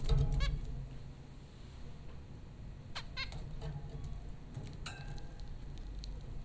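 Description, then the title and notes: Zebra finch calls, short nasal beeps in small clusters at the start and from the middle on, with a steady low hum beneath. Zebra finches at Popcorn School, Flatbush, Brooklyn, New York, April 15, 2009. "Dronecast: The Popcorn Finches Four from Apr 15, 2009. Zebra finches recorded by Dan Bodah at Popcorn School, Flatbush, Brooklyn NY in April 2009"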